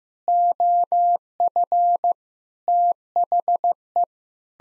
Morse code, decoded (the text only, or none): OF THE